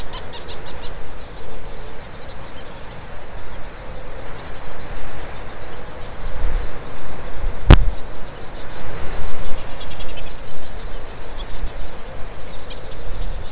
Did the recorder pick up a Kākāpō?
no